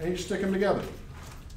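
Someone talks while handling two plastic molecular model pieces, a tube connector piece with a hole and a straight stick piece, with the stick about to be pushed into the tube. Faint handling noise follows the talk, with a small tap near 1.5 seconds. Nothing has seated or clicked yet.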